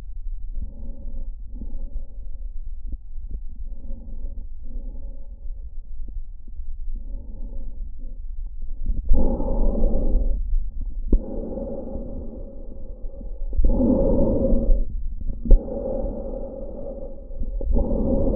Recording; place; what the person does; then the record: lung sounds by stethoscope; trachea; quiet breathing, then deep breathing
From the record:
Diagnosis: COPD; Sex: male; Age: 81 years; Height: 166 cm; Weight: 98.7 kg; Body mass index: 35.8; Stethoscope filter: diaphragm mode